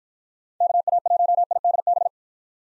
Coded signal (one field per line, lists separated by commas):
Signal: Morse code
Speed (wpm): 53 wpm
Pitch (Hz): 700 Hz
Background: none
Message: KA1IDB